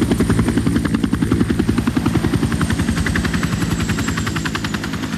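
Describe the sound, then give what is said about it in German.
A small blue two-seater helicopter with a red P emblem circles and comes in to land at a heliport, its rotor blades beating in a fast, steady, loud chop over a deep engine rumble, with a thin high turbine whine above, and no voices. “Der Helikopter landete.”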